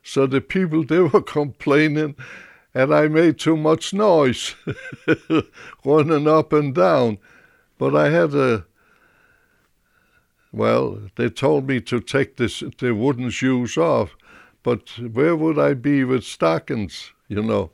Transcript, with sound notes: So the people, they were complaining that I made too much noise, ( he laughs ) running up and down. But I have a, well, they told me to take this, the wooden shoes off, but where would I be with stocking, you know.